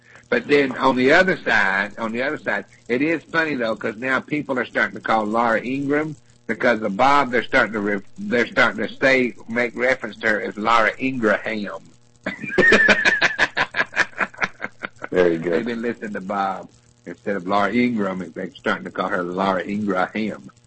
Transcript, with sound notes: But then on the other side, on the other side, it is funny though, ’cause now people are startin’ to call Laura Ingram — because of Bob they’re startin’ to, they’re startin’ to say, make reference to her as Laura Ingraham. [laughs]
Very good.
They’ve been listenin’ to Bob. Instead of Laura Ingram, they’re startin’ to call her Laura Ingraham.